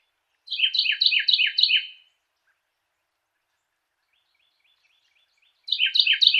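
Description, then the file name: Carolina wren singing a quick series of repeated three-note phrases, a pause with soft high ticks, then the same rolling phrase begins again. Song variation 3. "suara-kicauan-burung-carolina-wren-variasi-3-omkicau"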